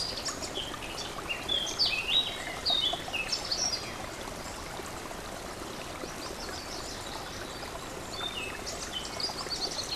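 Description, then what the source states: Warbler singing quick high chattering phrases in short bursts, separated by pauses, with a constant babbling stream underneath. Warbler beside a stream, recorded 24 04 15 on an MZ-N 710 recorder.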